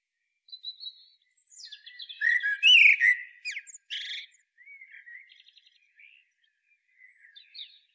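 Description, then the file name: Common blackbird song: soft notes build into a loud, dense squeaky twitter around the middle, then quieter scattered warbles trail off. "Turdus merula"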